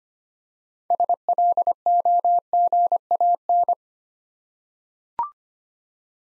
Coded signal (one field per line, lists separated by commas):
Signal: Morse code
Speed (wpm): 25 wpm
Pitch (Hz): 700 Hz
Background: none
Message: SLOGAN